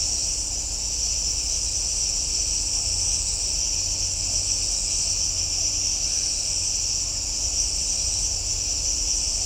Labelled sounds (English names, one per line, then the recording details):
none
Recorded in shrubland near Pivijay, Magdalena, Colombia, on 1 June 2023 at 01:00
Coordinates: 10.453, -74.365
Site P5-G022